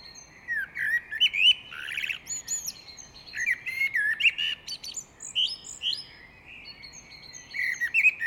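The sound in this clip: Great tit calls: near-continuous twittering of varied chirps, short whistles and buzzy notes, with small gaps between phrases.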